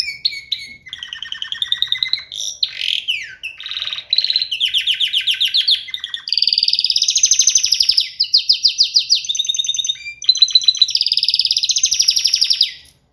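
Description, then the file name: Canary singing a long varied song of rapid trills and rolls, pitch stepping between tours, with sweeping whistles and buzzy rattles, pausing only briefly before ending. "Gomez Juan biofonia canto canario"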